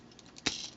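The plastic back-leg joint of a Transformers Beast Wars Masterpiece Cheetor MP-34 transforming action figure is folded down from one step to the next. After a faint tick at 0.4 s, a sharp plastic click at 0.5 s marks the joint soft-locking into place, followed by a brief fading rattle.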